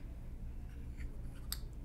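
A solid perfume pan is popped into a compact fragrance palette, and the palette lid is slid or closed shut over it. Against a low steady background hum, a single short, sharp click sounds at 1.5 s. The lid clicks shut and the pan is seated.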